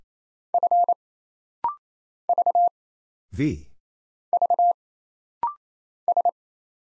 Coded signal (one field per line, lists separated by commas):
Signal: Morse code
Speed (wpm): 27 wpm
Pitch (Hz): 700 Hz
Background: none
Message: F V V S